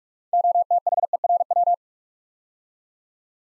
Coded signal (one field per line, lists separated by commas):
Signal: Morse code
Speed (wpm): 44 wpm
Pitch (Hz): 700 Hz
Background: none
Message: OTHERW